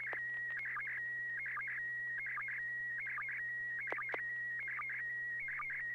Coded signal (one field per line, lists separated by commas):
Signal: SSTV (slow-scan television)